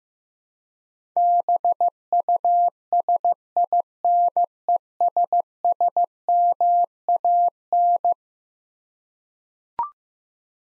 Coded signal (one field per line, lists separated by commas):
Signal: Morse code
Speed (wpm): 16 wpm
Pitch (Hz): 700 Hz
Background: none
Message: BUSINESSMAN